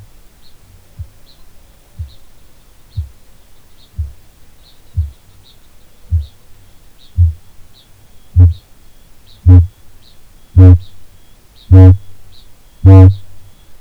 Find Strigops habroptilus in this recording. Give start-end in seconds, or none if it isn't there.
0.00-13.80